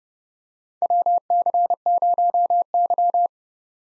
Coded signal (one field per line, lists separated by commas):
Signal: Morse code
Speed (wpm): 32 wpm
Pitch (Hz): 700 Hz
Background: none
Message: WC0Y